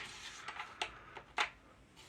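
The plastic top cover of a PS4 CUH-1215A game console, being reassembled during an overheating repair, is hooked onto the back and pressed down so its front clips pop into place. Sharp plastic clicks land at 0.5 s and 0.8 s, with a louder broadband rattle near 1.4 s. The cover is confirmed seated.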